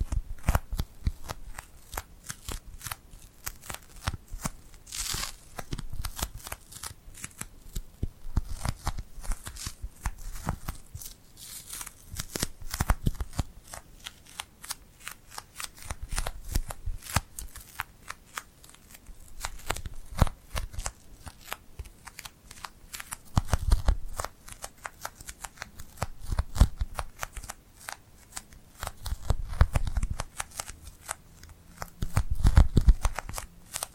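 Hands rub and pull apart over glue, a dense stream of sticky crackles and quick peeling clicks that runs the whole time. Bursts swell and ease every few seconds, with heavier low thumps near 24, 30 and 33 seconds.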